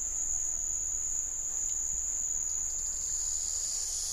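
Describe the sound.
Keys cicada giving a continuous, steady, high-pitched whining buzz that holds unbroken throughout, with a faint low rumble underneath.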